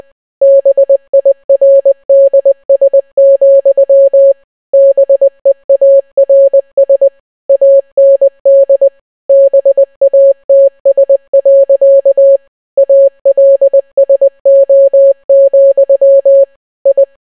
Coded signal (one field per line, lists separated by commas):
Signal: Morse code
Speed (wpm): 20 wpm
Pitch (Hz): 550 Hz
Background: none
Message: BIRDS, BEARS AND BATS. ALSO, I